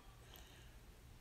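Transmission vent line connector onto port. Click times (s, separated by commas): 0.4 s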